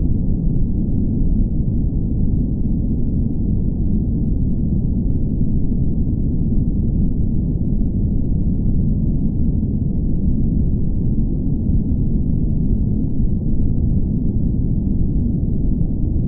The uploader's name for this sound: Celestial White Noise